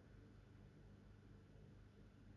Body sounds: background sound without coughing

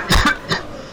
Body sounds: coughing mixed with background sound

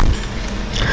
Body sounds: coughing mixed with background sound

